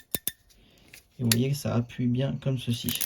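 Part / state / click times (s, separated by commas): plastic RJ45 plug into crimping tool die / seated / 0.1 s, 0.3 s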